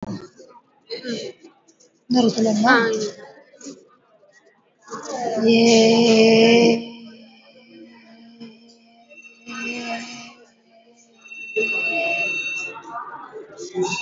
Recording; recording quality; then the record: sustained vowel as in made; moderate, slight background noise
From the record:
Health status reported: healthy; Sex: female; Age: 45 years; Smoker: no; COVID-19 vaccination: one dose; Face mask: worn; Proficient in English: no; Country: India